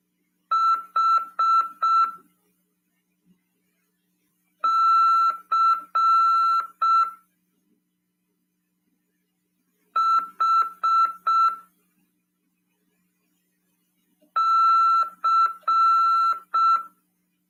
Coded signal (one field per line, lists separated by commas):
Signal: Morse code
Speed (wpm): 6 wpm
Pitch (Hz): 1340 Hz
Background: none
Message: H C H C